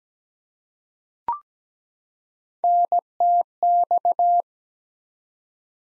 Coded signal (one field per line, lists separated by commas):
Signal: Morse code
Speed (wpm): 17 wpm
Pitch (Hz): 700 Hz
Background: none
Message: NTX